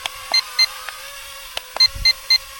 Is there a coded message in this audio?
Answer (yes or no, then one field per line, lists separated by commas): no